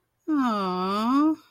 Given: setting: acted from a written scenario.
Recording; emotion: vocal sound without words; adoration